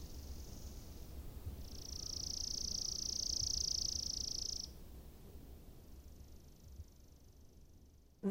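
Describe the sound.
Chipping sparrow song: a steady rapid high trill held for about three seconds, preceded by a fainter trill, with a soft low hum beneath and a sharp click at the end.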